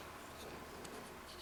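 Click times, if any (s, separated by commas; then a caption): none. Someone works the button lock on an Ontario Apache Tac 1 folding knife, opening the blade toward the point where a small steel cylinder in the handle locks into a notch in the blade tang. Only a steady, quiet rubbing and scratching of handling is heard, with no sharp sounds. Nothing has seated or clicked yet.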